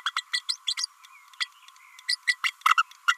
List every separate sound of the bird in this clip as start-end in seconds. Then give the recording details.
0.05-0.12, 0.16-0.23, 0.33-0.42, 0.48-0.57, 0.77-0.86, 1.40-1.47, 2.08-2.15, 2.27-2.37, 2.43-2.52, 3.08-3.17. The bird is a female. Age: 30 days. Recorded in a nest box in Venezuela. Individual 17B32A5